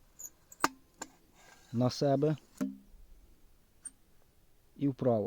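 An extended RPG-75 disposable launcher tube is handled, being moved into its firing position: left, toward the body, then right until it latches. Sharp handling taps sound at about 0.5, 0.6 and 1.0 s while someone talks. The clip ends before the tube locks, so nothing has seated or clicked yet.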